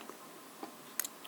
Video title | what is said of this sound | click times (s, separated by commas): Ryobi 18 v One + Battery Charger The Good And Bad | I'll show you guys what I mean so it clicked in | 1.0 s